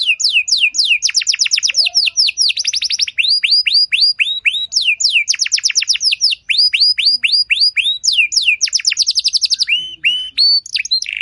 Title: Canto Para Esquentar Canário Belga. Suara Burung Kenari Lagu dan Cengkok Mewah Buat Kenari Lain Bakal Langsung Nyaut Gacor Panjang